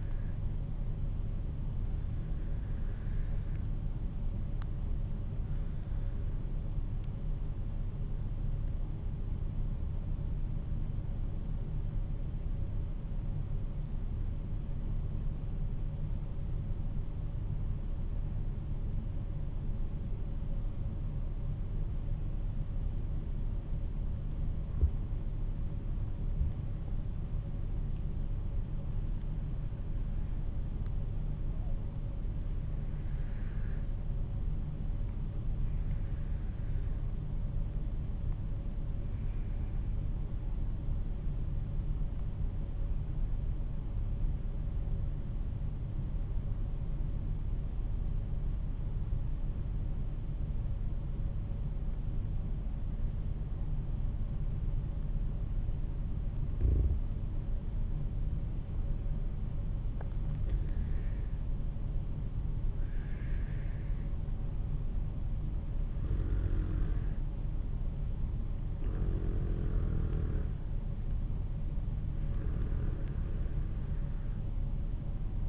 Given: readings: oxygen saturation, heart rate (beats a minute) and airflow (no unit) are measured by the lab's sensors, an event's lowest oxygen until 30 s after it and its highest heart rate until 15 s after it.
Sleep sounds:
breathing in sleep by a smartphone at the bedside; 2
7.00-29.20 s: hypopnea (N1, oxygen 95% highest, then 91% lowest, heart rate 50 at the start, 51 highest)
28.00-58.00 s: new sleep stage, N2 (light sleep)
41.00-62.10 s: hypopnea (N2, oxygen 94% highest, then 88% lowest, heart rate 50 at the start, 55 highest)
58.00-75.49 s: new sleep stage, N1 (lightest sleep)
From the record:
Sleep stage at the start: N1 (lightest sleep); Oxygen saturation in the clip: 88 to 95%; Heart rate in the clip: 46 to 55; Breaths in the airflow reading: 12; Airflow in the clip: -6.6 to 10.7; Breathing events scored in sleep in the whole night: 388 in 6.5 hours asleep

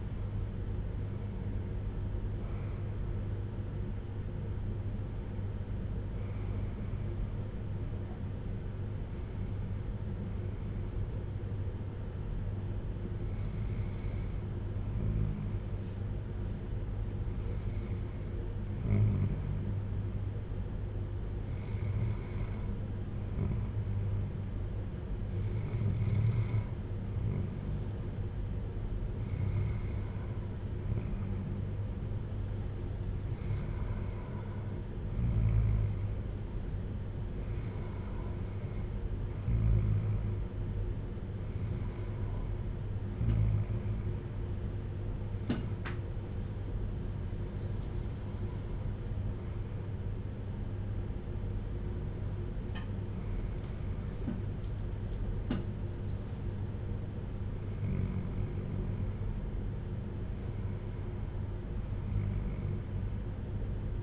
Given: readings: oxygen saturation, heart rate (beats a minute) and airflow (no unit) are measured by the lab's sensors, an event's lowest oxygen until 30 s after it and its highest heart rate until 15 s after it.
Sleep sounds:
breathing in sleep by a smartphone at the bedside; none
none scored
From the record:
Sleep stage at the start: N1 (lightest sleep); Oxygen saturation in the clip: 94 to 95%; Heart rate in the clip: 55 to 66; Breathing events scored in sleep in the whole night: 310 in 8.1 hours asleep

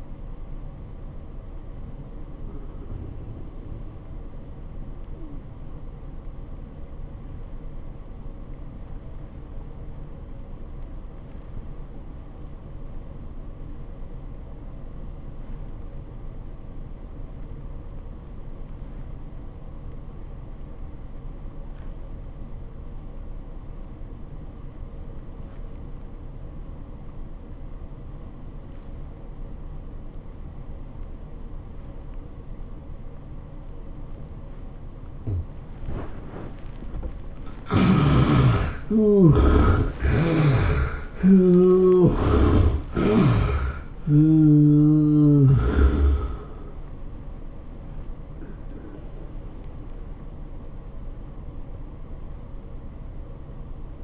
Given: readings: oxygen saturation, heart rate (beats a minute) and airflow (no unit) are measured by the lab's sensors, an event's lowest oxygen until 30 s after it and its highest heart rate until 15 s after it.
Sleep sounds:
breathing in sleep by a smartphone at the bedside; 1
6.00-36.60 s: obstructive apnea (N1, oxygen 92% highest, then 65% lowest, heart rate 86 at the start, 106 highest)
19.00-49.00 s: new sleep stage, N2 (light sleep)
49.00-54.04 s: new sleep stage, REM sleep
From the record:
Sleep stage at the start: N1 (lightest sleep); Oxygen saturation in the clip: 66 to 92%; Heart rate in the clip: 57 to 106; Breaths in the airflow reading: 6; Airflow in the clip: -14.7 to 11.7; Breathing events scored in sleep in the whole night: 403 in 5.5 hours asleep

